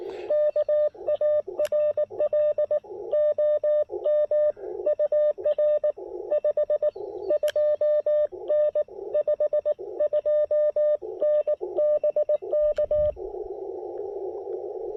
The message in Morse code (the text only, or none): KARL OM UR 52N 52N BK